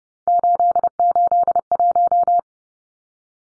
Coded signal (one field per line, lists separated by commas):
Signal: Morse code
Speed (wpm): 30 wpm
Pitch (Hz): 700 Hz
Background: none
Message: 881